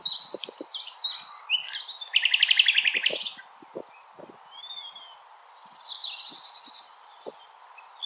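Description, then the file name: Common nightingale song: clipped repeated notes leading into a loud buzzy trill, then quieter drawn-out whistles. Recorded on 16 April 2021. "Nightingale-210416"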